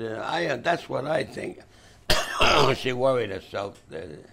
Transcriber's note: coughs